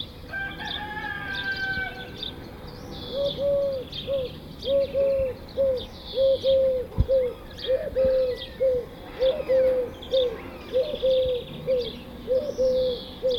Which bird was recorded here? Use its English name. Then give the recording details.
Eurasian Collared Dove. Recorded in the wild. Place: Bergen, Gartenstraße 21, Mecklenburg-Vorpommern, DE. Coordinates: 54.41, 13.43. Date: 1969-04-04. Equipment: NAGRA III BH, Sennheiser MD 421. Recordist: Schubert, Michael